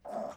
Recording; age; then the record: pig call; piglet (1 to 25 days)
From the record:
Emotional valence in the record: negative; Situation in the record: restrain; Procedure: back test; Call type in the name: low-frequency call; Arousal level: low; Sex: male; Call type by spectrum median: low-frequency call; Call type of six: mixed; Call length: 0.37 s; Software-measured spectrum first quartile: 511 Hz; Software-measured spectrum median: 648 Hz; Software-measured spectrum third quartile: 785 Hz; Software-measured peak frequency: 651 Hz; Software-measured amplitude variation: 203 dB a second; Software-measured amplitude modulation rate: 21.5 a second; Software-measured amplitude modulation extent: 9.5 dB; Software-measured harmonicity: 4.6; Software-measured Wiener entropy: -0.63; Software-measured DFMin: 1281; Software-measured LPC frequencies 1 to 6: 657, 3422, 5533, 6798, 7951, 8882 Hz